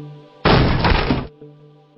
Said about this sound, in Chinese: 一拳砸在旁边的门上，砰的一声，震得屋子里几乎共鸣一样的都在回震。